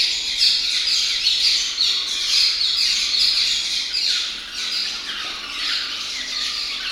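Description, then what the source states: Swallows twittering together in a steady high chatter of quick squeaky notes. Swallows calling inside a Maya temple.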